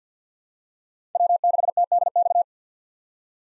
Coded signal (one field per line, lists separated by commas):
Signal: Morse code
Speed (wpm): 50 wpm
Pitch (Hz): 700 Hz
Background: none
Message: W6TDX